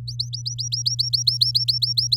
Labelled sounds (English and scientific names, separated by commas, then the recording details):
Domestic Canary (Serinus canaria) song
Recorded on 8 May 2018 at 06:04
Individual llb16